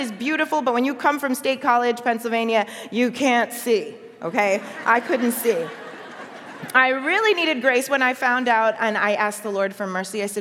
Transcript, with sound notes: It is beautiful, but when you come from State College, Pennsylvania, you can't see. Okay? I couldn't see. (laughter) I really needed grace when I found out—and I asked the Lord for mercy...